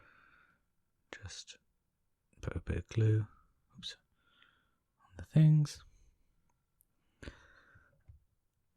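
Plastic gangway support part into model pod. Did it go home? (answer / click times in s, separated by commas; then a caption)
no / none. A plastic support part that will hold up the gangway is handled and pressed toward the pod of a DeAgostini Build Your Own Thunderbird 2 model while someone talks. Faint ticks and soft breathy handling noises are heard between the speech. Nothing has seated or clicked yet.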